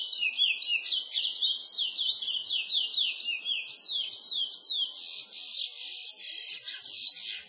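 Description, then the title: Chestnut-bellied seed finch delivering a loud, unbroken song of quick, sliding high notes in repeated downward sweeps, bright and rolling throughout. "Canto De Curio"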